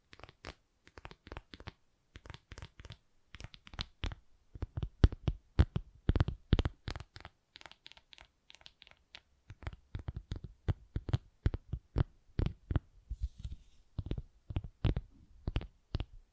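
Tapping and scratching on textured surfaces, made of many short, crisp hits that run the full range from low thumps to bright clicks. The taps come in quick clusters with brief pauses, louder and denser from about five to seven seconds and again near the end.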